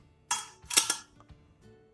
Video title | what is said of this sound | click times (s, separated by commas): Breakfast Time with the Trangia!- UTH Review #44 | it locks in you heard that clicking sound it locks in | 0.3 s